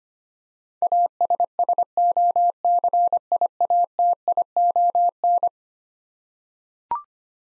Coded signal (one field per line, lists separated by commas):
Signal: Morse code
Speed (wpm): 25 wpm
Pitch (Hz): 700 Hz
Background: none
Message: ASSOCIATION